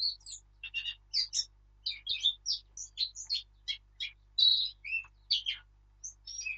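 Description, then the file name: Eurasian blackcap giving a long, lively warble of many varied chirps and whistles, steady and continuous throughout. "Sylvia atricapilla"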